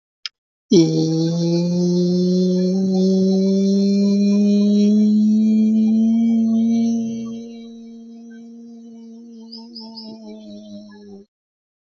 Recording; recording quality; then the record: sustained vowel as in beet; excellent, no background noise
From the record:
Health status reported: healthy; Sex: male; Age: 33 years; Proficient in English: yes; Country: India